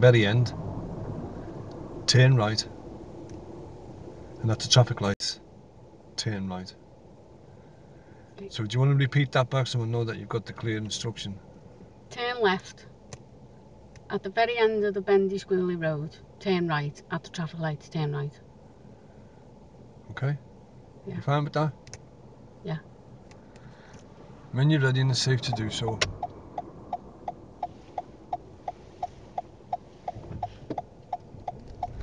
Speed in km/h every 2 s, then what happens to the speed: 0, 0, 0, 0, 0, 0, 0, 0, 0, 0, 0, 0, 0, 0, 0, 10.
0-28 standing. 28-32 pulls away to 10.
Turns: none.